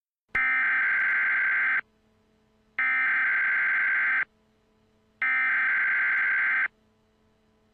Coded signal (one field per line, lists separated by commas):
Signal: Emergency Alert System (SAME) tones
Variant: header bursts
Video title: EAS Scenario: Team Flare's Attack on Kalos